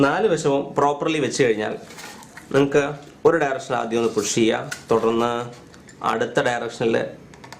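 A CPU cooler sits with all four sides placed on the motherboard while its mounting push pins are pushed in one direction after another, and someone talks throughout. A few short, quiet sharp taps come near the end, around 7.3 to 7.6 seconds. No pin has clicked in or seated yet.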